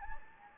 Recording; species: mosquito wingbeat signal from an infrared sensor; Anopheles gambiae